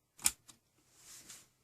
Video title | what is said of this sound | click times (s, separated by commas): How to open HP 15-ab277cl Laptop Case / Upgrade Memory / Clone & install SSD Solid State Drive | it's seated in it should click straight down | 0.3 s